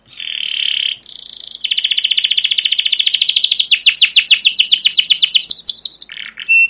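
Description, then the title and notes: Canary song opening with buzzy notes, then a long, very rapid trill of repeated chirps that slows slightly near the end. Canary song with emotional "cuit cuit" chirps, used as a lure to prompt other canaries to sing and as a master recording for young canaries learning sounds. "CUIT CUIT NGEROL LANGSUNG GACOR PANJANG Kenari Ini AMPUH Utk Pancingan KENAR. PANCINGAN Kenari GACOR PANJANG Cuit CUIT EMOSI ini AMPUH utk MASTERAN Kenari PAUD belajar BUNYI. burung kenari"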